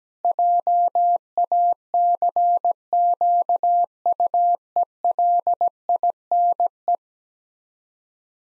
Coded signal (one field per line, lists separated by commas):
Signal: Morse code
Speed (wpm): 17 wpm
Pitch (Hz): 700 Hz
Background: none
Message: JACQUELINE